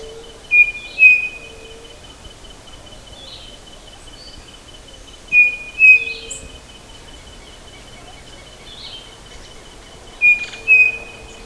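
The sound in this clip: Bird calling: paired high whistled notes repeated roughly every five seconds, against a steady background hiss with faint other chirps.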